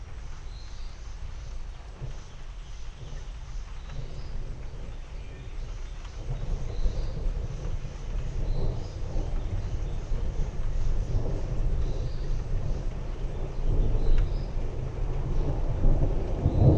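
A Texas thunderstorm rumbles low and steady, with the deep rolling growing louder after six seconds and faint birdsong scattered above.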